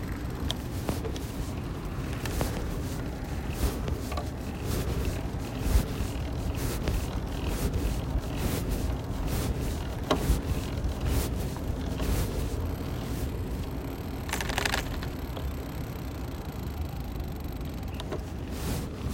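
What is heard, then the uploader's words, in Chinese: Clothing rustles and rubs while riding, over a steady, dense low rumble that fills the whole clip. Short scratchy brushes and taps land irregularly every second or so, with a brighter, longer swish around fifteen seconds. 校園內的 YouBike 2.0。騎車衣物摩擦聲。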